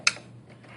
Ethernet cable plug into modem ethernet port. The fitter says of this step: get a nice click on that make